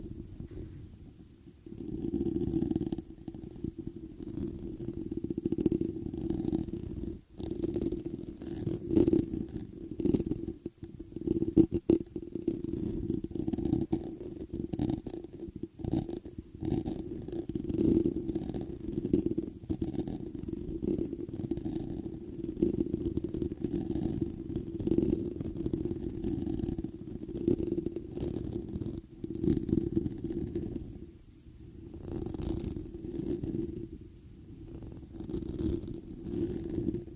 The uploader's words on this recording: ASMR THE ULTIMATE MIC TRIGGER TEST on NEW Blue Yeti Pro (mic brushing, mic scratching, no talking). Mic Scratching on Foam Mic Cover.